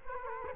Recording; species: mosquito wingbeat signal from an infrared sensor; Culex quinquefasciatus